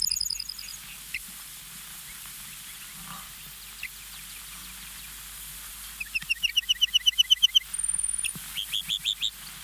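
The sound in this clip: Lark bunting song: a brief run of high clipped notes, a long pause, then a rapid trill, a thin high whistle and a final buzzy series.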